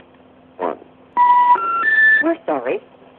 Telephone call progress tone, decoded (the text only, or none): special information tone